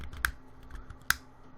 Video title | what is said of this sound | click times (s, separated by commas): MyGica ATV582 With KR40 Remote Review | You will hear the little clicking noises. | 0.2 s, 1.1 s